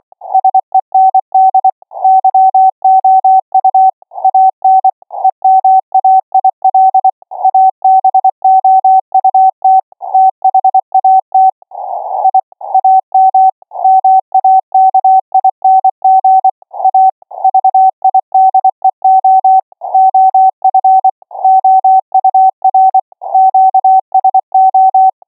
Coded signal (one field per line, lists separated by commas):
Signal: Morse code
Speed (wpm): 23 wpm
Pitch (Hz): 760 Hz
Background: none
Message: SEND YOU AN EMAIL ABOUT THAT I AM MAKING A VIDEO OF OUR QSO